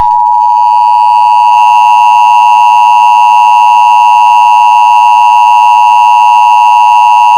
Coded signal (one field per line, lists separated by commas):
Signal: Emergency Alert System (SAME) tones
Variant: 853 and 960 Hz attention tone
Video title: (I FINALLY REVEALED MY SEYCHELLES EAS 1939 MOCK) The Seychelles War Of 1939